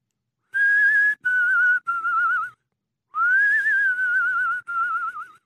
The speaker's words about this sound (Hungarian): Jól kivehető, de nem kevésbé kísérteties fügyszó hallatszott. Valaki a három vakegér dallamát fütyülte.